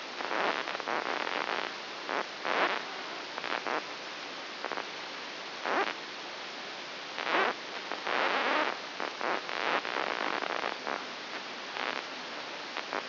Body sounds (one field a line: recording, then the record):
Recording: brain microelectrode recording played as sound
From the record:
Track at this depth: inside the subthalamic nucleus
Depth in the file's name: 4.201 mm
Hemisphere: right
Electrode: 2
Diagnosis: Parkinson's disease